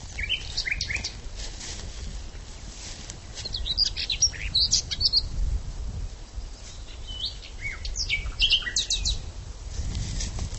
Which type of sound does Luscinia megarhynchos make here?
song